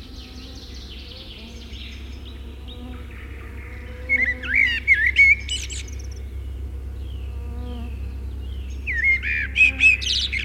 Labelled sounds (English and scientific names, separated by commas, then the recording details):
Common Blackbird (Turdus merula) song
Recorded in the wild
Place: Anklam, Mecklenburg-Vorpommern, DE
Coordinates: 53.812, 13.861
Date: 1980-05-25
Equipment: Nagra III BH, Sennheiser MD 21, parabola
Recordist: Schubert, Michael